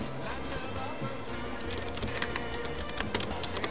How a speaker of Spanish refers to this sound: No, ah, sí, habla, que nos dice que se escucha el teclado en la radio. Sí, pues estamos con el notebook acá, se escucha el teclado.